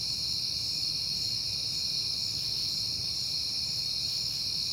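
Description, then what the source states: Cricket: unbroken high chirping from many insects at once, with a faint low rumble. Crickets at night in September, on a peaceful night.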